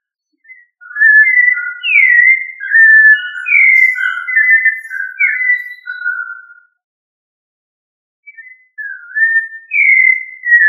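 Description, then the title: Thrush song: a run of clear whistled phrases, some rising and some falling, delivered quickly, then a short pause before more short whistles. "Familia Turdidae - Sabia"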